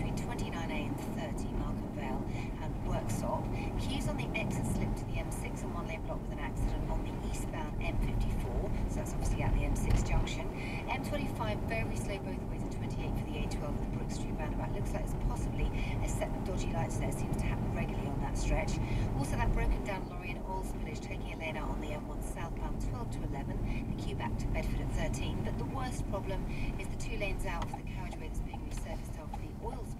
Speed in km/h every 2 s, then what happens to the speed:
40, 42, 44, 42, 45, 44, 45, 45, 47, 47, 47, 44, 34, 26, 21.
0-20 steady at about 45. 20-27 brakes to 21.